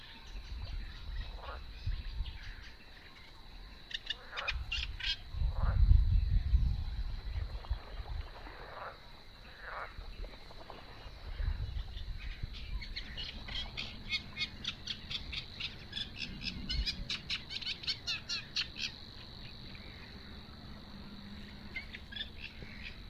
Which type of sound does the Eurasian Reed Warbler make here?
song